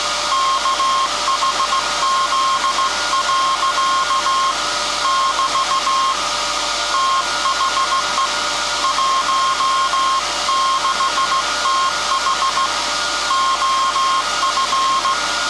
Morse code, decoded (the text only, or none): KHZ. <BT> THE 16TH OF